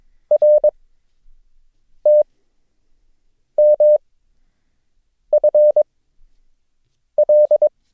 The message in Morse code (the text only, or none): RTMFL